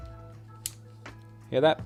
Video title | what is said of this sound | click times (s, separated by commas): V-Moda XS - Best Budget Headphones | hinge is really well built giving you a satisfying clicking sound here | 0.7 s